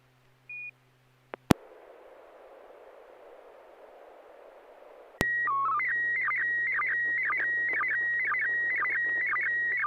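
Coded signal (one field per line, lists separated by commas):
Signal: SSTV (slow-scan television)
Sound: short beep, burst of radio hiss, then a steady whistle breaking into fast warbling tones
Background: FM radio hiss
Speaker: here we go let's see if it works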